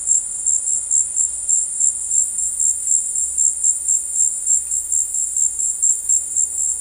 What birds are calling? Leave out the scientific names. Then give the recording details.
none. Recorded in dense forest near Puerto Asís, Putumayo, Colombia, on 19 February 2024 at 14:30. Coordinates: 0.484, -76.317. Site G6464